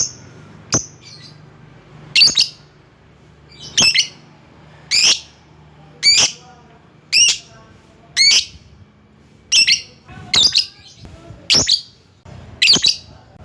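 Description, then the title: Lovebird giving harsh, shrill chirps repeated roughly once a second, a long series of short screechy bursts. Lovebird calling to a rival. "Lovebird Memanggil Lawan"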